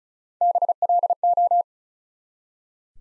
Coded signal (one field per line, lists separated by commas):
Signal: Morse code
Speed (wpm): 36 wpm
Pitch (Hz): 700 Hz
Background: none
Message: BLO